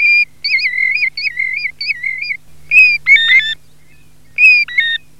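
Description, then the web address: European golden plover giving a quick series of wavering whistles, then, after pauses, a few whistles followed by shorter two-part notes. "PIVIERE DORATO"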